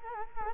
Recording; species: mosquito wingbeat signal from an infrared sensor; Culex quinquefasciatus